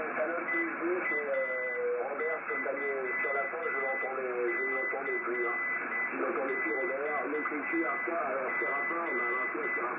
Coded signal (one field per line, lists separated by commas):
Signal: Morse code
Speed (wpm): 9 wpm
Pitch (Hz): 2000 Hz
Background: speech, radio noise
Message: EA3CXG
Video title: QSO des aînés 🧓 anime par HB3YMM et F4DZG 16/3/2022